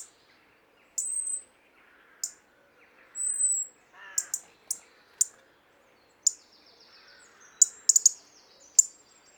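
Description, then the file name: European robin with thin sustained high seeps and scattered sharp ticks, some in fast triplets, in an otherwise quiet setting. "Erithacus rubecula"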